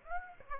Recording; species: mosquito wingbeat signal from an infrared sensor; Aedes aegypti